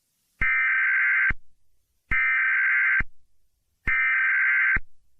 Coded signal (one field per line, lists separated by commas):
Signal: Emergency Alert System (SAME) tones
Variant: header bursts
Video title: EAS Scenario/Mock #9 - The White Pumpkin